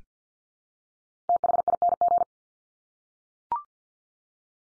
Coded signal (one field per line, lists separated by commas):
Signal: Morse code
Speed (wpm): 48 wpm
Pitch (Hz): 700 Hz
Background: none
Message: THING